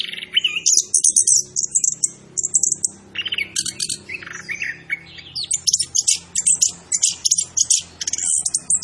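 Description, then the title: Orange-headed thrush singing energetically: clusters of high ringing notes, quick trills and slurred whistles, tumbling one after another over a steady low hum. Called Anis Kembang, singing vigorously (gacor); labelled Macan B2. "Anis Kembang Gacor. Suara Anis Kembang Macan B2"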